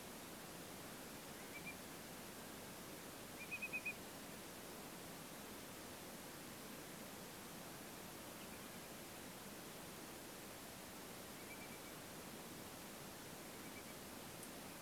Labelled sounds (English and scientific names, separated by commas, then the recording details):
Eurasian Whimbrel (Numenius phaeopus)
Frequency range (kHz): Eurasian Whimbrel (Numenius phaeopus) 1.8-3.1 kHz
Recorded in France